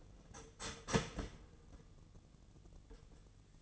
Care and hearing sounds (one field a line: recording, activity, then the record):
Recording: daily activity, microphone in the room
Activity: start toaster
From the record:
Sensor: 4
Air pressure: 1001.0 hPa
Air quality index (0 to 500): 163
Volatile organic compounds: 2 ppm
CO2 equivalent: 1189 ppm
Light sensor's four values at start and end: 18/41/17/18 and 17/38/16/17